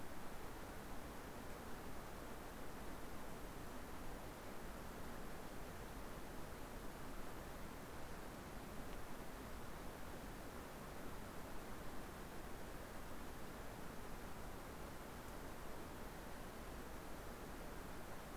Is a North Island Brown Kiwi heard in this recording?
no